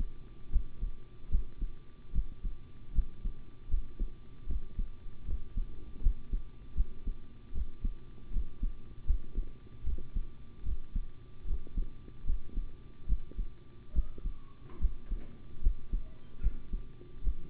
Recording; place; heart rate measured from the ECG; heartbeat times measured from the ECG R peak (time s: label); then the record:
heart sounds by stethoscope; between the tricuspid and mitral areas; 75 bpm
0.51 s: heartbeat
1.30 s: heartbeat
2.13 s: heartbeat
2.93 s: heartbeat
3.69 s: heartbeat
4.47 s: heartbeat
5.25 s: heartbeat
6.01 s: heartbeat
6.75 s: heartbeat
7.53 s: heartbeat
8.31 s: heartbeat
9.05 s: heartbeat
9.84 s: heartbeat
10.64 s: heartbeat
11.45 s: heartbeat
12.25 s: heartbeat
13.07 s: heartbeat
13.93 s: heartbeat
14.79 s: heartbeat
15.61 s: heartbeat
16.41 s: heartbeat
17.22 s: heartbeat
From the record:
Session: rest, sitting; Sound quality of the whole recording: good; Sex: male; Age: 25 years